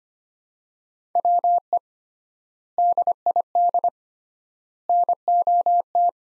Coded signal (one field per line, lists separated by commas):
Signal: Morse code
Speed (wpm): 25 wpm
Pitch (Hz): 700 Hz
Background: none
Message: WE DID NOT